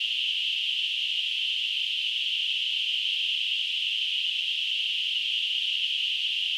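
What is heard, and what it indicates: A steady, unbroken high-pitched hiss, centred in a narrow band around 3 kHz, holds an even loudness for the full 6.6 seconds with no low sound. This simulates tinnitus, the constant hissing or ringing a person with the condition hears in the ears.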